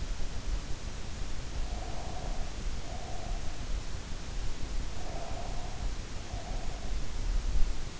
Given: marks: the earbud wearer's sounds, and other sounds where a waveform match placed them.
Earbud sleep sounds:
sounds in sleep by an in-ear microphone; breath
1.45-3.69 s: breath
4.99-7.20 s: breath

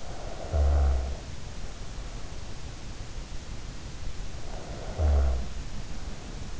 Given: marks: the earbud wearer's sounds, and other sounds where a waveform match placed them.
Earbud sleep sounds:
sounds in sleep by an in-ear microphone; snoring breath
0.05-2.40 s: snoring breath
4.53-6.60 s: snoring breath

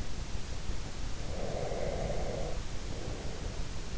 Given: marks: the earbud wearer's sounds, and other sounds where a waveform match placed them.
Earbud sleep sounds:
sounds in sleep by an in-ear microphone; breath
1.26-3.78 s: breath

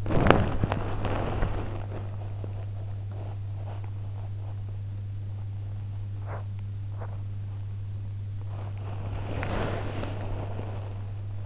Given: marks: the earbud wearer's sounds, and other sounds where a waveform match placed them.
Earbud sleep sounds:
sounds in sleep by an in-ear microphone; body movement
0.00-5.09 s: body movement
6.08-7.30 s: sound from someone else or the room
8.33-11.46 s: body movement

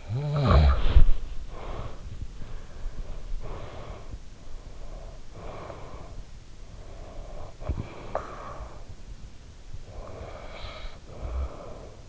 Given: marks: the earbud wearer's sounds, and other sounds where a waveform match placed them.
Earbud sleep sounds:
sounds in sleep by an in-ear microphone; snoring breath, body movement, breath
0.00-1.55 s: snoring breath
0.55-1.13 s: body movement
1.59-3.40 s: breath
3.49-5.30 s: breath
5.41-7.66 s: breath
7.75-9.06 s: snoring breath
10.00-12.09 s: snoring breath

